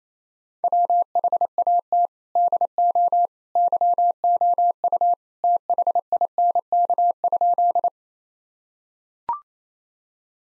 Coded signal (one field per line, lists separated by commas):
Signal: Morse code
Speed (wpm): 28 wpm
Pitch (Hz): 700 Hz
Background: none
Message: WHAT DO YOU THINK?